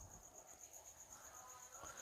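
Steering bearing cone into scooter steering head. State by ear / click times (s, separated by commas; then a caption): not seated / none. A greased steering bearing cone is placed by hand into the steering head of a Suzuki Access scooter, before being tapped home with a hammer and socket. A faint small hit sounds at about 1.1 s over a steady high-pitched, cricket-like whine. Nothing has seated or clicked yet.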